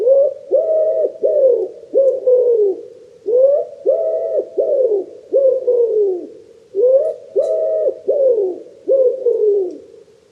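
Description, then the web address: Common wood pigeon cooing in steady phrases of five soft, hollow notes, the phrase repeated about three times, with a quiet background. "cianscape. Deverinetal 2025. Bird Only"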